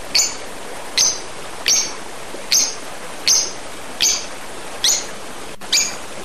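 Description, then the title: Oriental magpie-robin uttering a steady run of short, bright high chirps about every 0.8 seconds. "Kicau Kacer"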